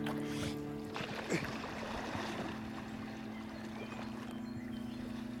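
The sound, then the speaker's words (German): A rowboat among tall reeds is turned around and left to drift, with a few hollow wooden knocks and a soft lapping wash over a steady low hum, no voices. “Drehen Sie das Boot um und lassen Sie es treiben.”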